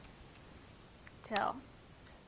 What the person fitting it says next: hear that click. Perfect. All right, make sure it's on there. Perfect.